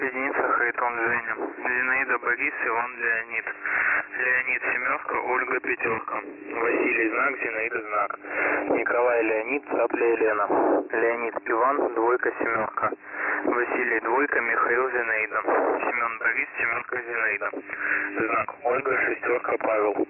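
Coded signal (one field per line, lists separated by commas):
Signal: coded military voice message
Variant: The Pip, Russian voice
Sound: a male voice steadily reading a message over a narrow, muffled radio channel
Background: radio static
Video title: The Pip Voice Message October 9, 2021 05:26 UTC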